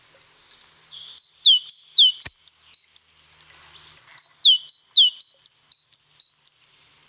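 Great tit song: a clear, high two-note phrase repeated rapidly in two bouts of about eight and ten phrases, with a single sharp click during the first bout.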